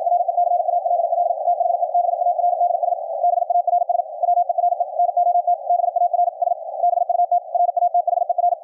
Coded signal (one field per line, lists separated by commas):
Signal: Morse code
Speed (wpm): 53 wpm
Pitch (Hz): 700 Hz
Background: radio noise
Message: RECALL THE BARDS BARS WERE NOT BARS BUT RATHER